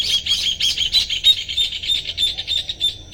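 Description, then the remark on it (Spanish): Doves arriving to roost, heard as a steady run of quick, high-pitched fluttering bursts repeating in a fast, even rhythm, with no voices over them. “Las palomas también están llegando aquí a dormir.”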